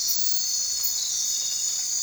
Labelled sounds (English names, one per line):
none